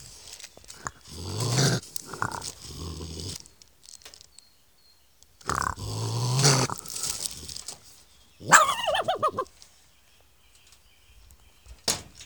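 Raccoon grumbles in several rough growls, followed by a brief wavering, whimpering call and a faint click at the end.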